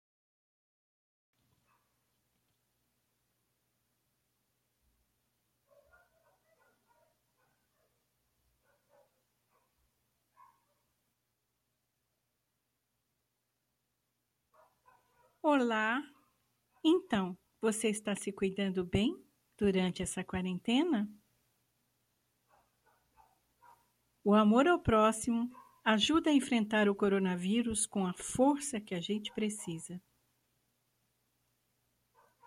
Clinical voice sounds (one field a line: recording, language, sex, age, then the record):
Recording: spoken sentence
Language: Brazilian Portuguese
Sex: female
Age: 60 to 69 years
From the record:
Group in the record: control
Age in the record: 67 years